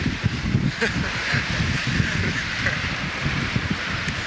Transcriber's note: laughter